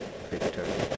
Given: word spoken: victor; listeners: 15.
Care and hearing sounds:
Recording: one English word in noise, from a listening test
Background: noise modulated by three-talker babble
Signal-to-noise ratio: -5.5 dB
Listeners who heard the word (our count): 2 of 15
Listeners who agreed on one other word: 6 of 15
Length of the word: 0.57 s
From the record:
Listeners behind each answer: 6, 2, 2, 1, 1, 1, 1, 1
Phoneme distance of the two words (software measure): 14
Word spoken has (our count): 2 syllables, 5 phonemes, stress on syllable 1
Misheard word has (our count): 3 syllables, 7 phonemes, stress on syllable 1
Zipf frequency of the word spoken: 3.95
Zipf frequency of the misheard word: 4.72

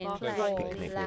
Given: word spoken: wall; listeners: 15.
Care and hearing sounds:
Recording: one English word in noise, from a listening test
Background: four-talker babble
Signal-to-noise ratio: 0.4 dB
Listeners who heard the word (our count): 0 of 15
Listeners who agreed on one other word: 7 of 15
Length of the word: 0.67 s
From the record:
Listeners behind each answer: 7, 2, 2, 1, 1, 1, 1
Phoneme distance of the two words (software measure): 7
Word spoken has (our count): 1 syllable, 3 phonemes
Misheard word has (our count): 1 syllable, 2 phonemes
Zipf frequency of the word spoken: 5.05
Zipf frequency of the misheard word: 5.34

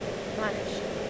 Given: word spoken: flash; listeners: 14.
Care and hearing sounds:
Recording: one English word in noise, from a listening test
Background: speech-shaped noise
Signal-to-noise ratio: -4.1 dB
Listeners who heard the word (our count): 1 of 14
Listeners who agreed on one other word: 6 of 14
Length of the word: 0.70 s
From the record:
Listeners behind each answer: 6, 2, 1, 1, 1, 1, 1, 1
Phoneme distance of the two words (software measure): 27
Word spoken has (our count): 1 syllable, 4 phonemes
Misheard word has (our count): 1 syllable, 3 phonemes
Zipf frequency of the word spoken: 4.20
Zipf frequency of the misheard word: 5.12

